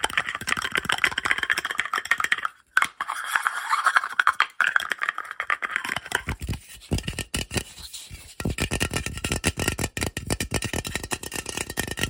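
Fast, aggressive tapping and scratching, a dense stream of rapid clicks and scrapes with a brief gap near 2.7 seconds. The first half is brighter and scratchier; after about six seconds the taps turn heavier and thumpier, hitting in quick, irregular bursts.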